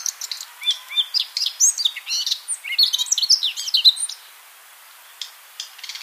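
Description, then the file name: Eurasian blackcap song: four seconds of dense, fast warbling with scratchy and whistled notes, then quiet with a few faint high notes. "Sylvia atricapilla"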